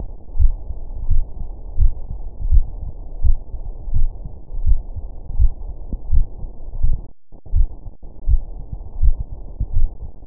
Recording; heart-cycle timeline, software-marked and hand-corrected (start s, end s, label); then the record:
heart sounds
0.00	0.02	S2
0.02	0.38	diastole
0.38	0.54	S1
0.54	0.68	systole
0.68	0.76	S2
0.76	1.10	diastole
1.10	1.24	S1
1.24	1.38	systole
1.38	1.46	S2
1.46	1.80	diastole
1.80	1.92	S1
1.92	2.08	systole
2.08	2.16	S2
2.16	2.46	diastole
2.46	2.64	S1
2.64	2.80	systole
2.80	2.88	S2
2.88	3.22	diastole
3.22	3.36	S1
3.36	3.52	systole
3.52	3.62	S2
3.62	3.96	diastole
3.96	4.10	S1
4.10	4.24	systole
4.24	4.32	S2
4.32	4.64	diastole
4.64	4.78	S1
4.78	4.94	systole
4.94	5.02	S2
5.02	5.38	diastole
5.38	5.52	S1
5.52	5.68	systole
5.68	5.76	S2
5.76	6.12	diastole
6.12	6.26	S1
6.26	6.40	systole
6.40	6.48	S2
6.48	6.82	diastole
6.82	6.96	S1
6.96	7.10	systole
7.10	7.18	S2
7.18	7.54	diastole
7.54	7.68	S1
7.68	7.84	systole
7.84	7.92	S2
7.92	8.28	diastole
8.28	8.42	S1
8.42	8.58	systole
8.58	8.66	S2
8.66	9.02	diastole
9.02	9.16	S1
9.16	9.32	systole
9.32	9.40	S2
9.40	9.74	diastole
9.74	9.88	S1
9.88	10.04	systole
10.04	10.12	S2
10.12	10.27	diastole
From the record:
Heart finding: coronary artery disease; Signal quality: good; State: rest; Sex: female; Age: 72 years